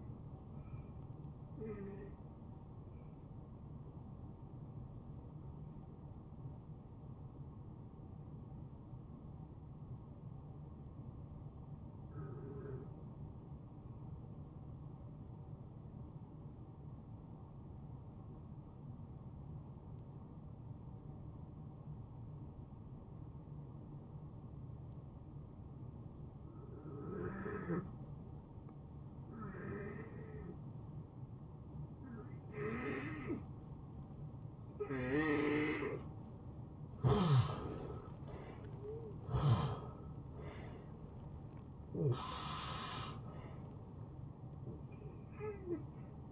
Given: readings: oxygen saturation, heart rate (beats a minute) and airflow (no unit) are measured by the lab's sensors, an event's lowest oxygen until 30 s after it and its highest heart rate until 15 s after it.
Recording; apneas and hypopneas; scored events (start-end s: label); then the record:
breathing in sleep by a smartphone at the bedside; 1
6.00-37.80 s: hypopnea (N1, oxygen 92% highest, then 80% lowest, heart rate 73 at the start, 80 highest)
From the record:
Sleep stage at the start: N1 (lightest sleep); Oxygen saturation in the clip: 79 to 92%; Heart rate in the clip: 69 to 80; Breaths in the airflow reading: 11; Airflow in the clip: -24.1 to 9.8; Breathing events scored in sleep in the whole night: 263 in 5.5 hours asleep